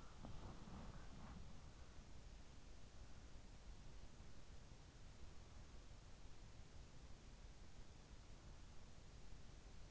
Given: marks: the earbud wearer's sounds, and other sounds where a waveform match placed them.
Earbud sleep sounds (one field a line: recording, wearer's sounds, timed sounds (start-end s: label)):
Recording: sounds in sleep by an in-ear microphone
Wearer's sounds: body movement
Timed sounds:
0.00-2.05 s: body movement